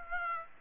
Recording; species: mosquito wingbeat signal from an infrared sensor; Aedes aegypti